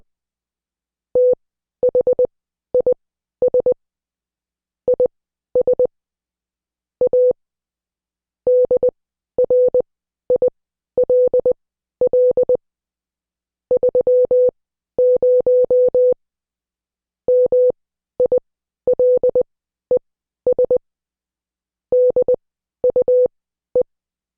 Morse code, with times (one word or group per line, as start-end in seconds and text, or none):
1.2-3.7 THIS
4.9-5.9 IS
7.0-7.3 A
8.5-12.6 DRILL
13.7-16.1 30
17.3-20.8 MILES
21.9-23.8 DUE